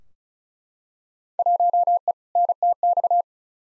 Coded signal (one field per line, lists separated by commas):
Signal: Morse code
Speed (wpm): 36 wpm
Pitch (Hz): 700 Hz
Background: none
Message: 1E NTX